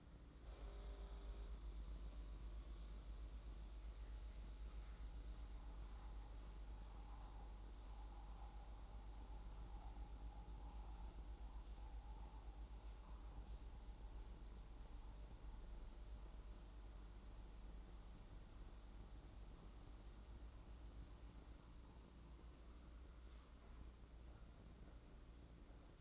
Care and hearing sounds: daily activity, microphone in the room; make coffee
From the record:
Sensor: 3

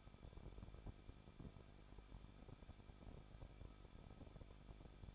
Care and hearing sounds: daily activity, microphone in the room; no activity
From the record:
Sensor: 5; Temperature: 20.8 degrees Celsius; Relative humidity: 38.3%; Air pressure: 1006.4 hPa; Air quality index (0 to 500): 189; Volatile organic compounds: 19 ppm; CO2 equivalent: 2654 ppm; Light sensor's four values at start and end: 2/3/1/1 and 2/3/1/1

